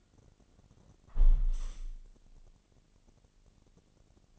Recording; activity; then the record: daily activity, microphone in the room; close window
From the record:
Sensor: 4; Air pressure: 1001.3 hPa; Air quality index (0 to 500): 177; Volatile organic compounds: 2 ppm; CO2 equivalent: 1262 ppm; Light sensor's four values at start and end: 12/28/11/12 and 12/28/11/12